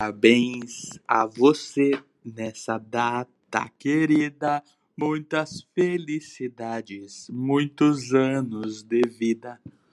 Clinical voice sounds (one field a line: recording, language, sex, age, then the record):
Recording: short text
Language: Brazilian Portuguese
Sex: male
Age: 30 to 39 years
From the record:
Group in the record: control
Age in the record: 38 years